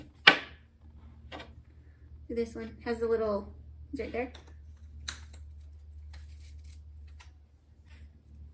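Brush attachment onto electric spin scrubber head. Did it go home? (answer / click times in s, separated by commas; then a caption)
yes / 5.1 s. A plastic brush attachment is pushed onto the drive of an electric spin scrubber while someone talks. A sharp click at 5.1 seconds marks the brush head seating into place, leaving the scrubber ready to use.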